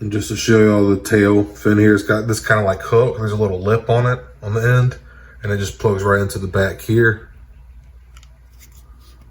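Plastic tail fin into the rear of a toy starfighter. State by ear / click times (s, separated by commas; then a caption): not seated / none. Someone talks while holding the hooked plastic tail fin of a Naboo N-1 Starfighter, a Micro Galaxy Squadron toy from The Phantom Menace 25th Anniversary line, which has a little lip on its end and plugs into the back of the ship. Two faint, quick ticks come near 8.2 s after the talking stops, but the fin has not snapped or seated into the rear of the starfighter yet.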